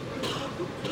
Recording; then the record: coughing mixed with background sound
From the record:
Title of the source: 64 coughing, allergies, singing lungs